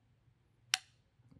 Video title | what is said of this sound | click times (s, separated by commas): FX Impact M3 Reassembly - FX Masterclass | little click | 0.7 s